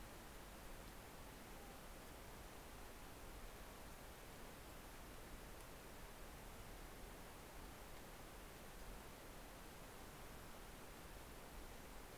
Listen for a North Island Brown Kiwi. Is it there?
no